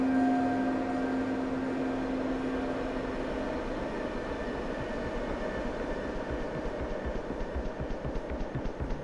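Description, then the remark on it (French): A metro train rumbles steadily, its low motor whine and humming tones fading as a faster rhythmic rattle of wheels on track picks up, loud and continuous with no voices. “La femme a couru et s'est engouffrée dans le métro.”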